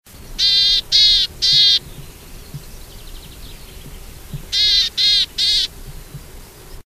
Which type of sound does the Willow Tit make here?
call